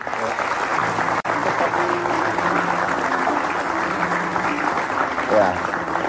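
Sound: audience applause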